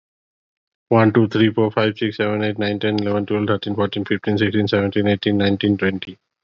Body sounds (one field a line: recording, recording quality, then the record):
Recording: counting at a fast pace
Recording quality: excellent, no background noise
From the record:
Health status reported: healthy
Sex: male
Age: 34 years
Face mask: not worn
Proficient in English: yes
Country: India